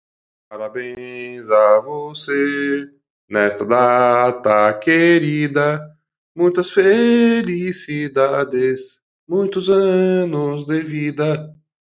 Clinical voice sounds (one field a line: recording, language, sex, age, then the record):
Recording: short text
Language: Brazilian Portuguese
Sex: male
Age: 40 to 49 years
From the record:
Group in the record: control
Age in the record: 44 years